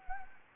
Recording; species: mosquito wingbeat signal from an infrared sensor; Anopheles gambiae